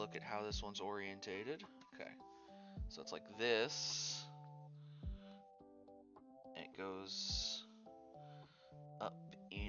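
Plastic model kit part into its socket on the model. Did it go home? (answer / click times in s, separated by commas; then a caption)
yes / 9.5 s. A plastic model-kit (gunpla) part is pushed up into its socket on the model while someone talks over background music. It clicks into place with a sharp click at 9.5 seconds, and the part is seated.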